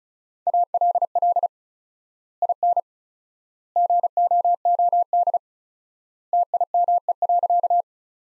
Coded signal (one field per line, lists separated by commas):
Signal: Morse code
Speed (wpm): 36 wpm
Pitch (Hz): 700 Hz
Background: none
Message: ALL IN GOOD TIME.